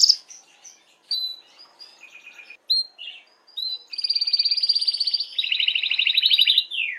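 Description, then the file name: Canary song of scattered short chirps and whistles followed by a loud sustained rattling trill that drops in pitch before ending. Belgian mosaic canary song. "canto do canario belga mosaico"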